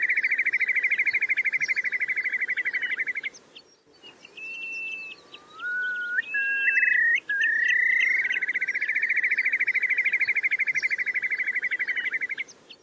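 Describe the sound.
Bird calling with a long, rapid, buzzy pulsed trill, interrupted by a short pause and a few clear whistled notes that slide upward, before the fast trill resumes.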